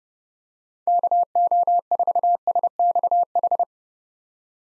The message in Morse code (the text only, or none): KO4SXH